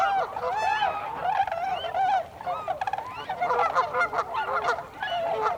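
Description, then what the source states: Tundra swans calling, clear rising and falling whooping notes over a busy background of many overlapping honks from the flock. Recorded 26 December 2020; several swans.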